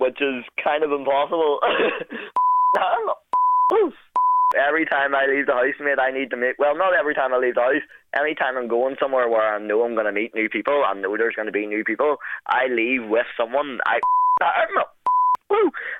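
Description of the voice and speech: A young man from Northern Ireland with Tourette syndrome speaks fast and fluently over a narrow telephone line on a radio phone-in. His speech is broken several times by short censor bleeps covering sudden sworn outbursts, and a brief exclaimed 'Woo!' tic comes near the end. These are involuntary vocal tics. They are milder while he is relaxed at home and worse when he is nervous, as during an assessment.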